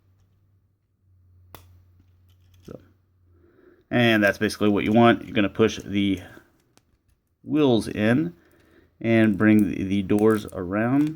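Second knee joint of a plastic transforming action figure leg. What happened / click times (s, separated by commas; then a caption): A small plastic joint clicks into place / 1.6 s. The second knee joint on a plastic leg of a Takara Transformers Masterpiece MP-21R Red Bumblebee action figure is swung down and pushed, just like the first, and it clicks into place with a sharp snap at 1.6 s. A few faint handling ticks follow, then someone talks.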